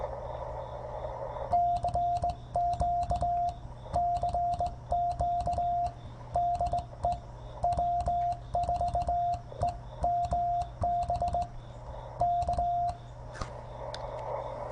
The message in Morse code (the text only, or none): CQ CQ DE W4EMB K